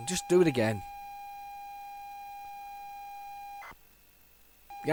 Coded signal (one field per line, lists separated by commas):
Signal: ZX Spectrum tape loading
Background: speech